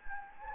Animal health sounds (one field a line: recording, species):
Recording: mosquito wingbeat signal from an infrared sensor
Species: Anopheles gambiae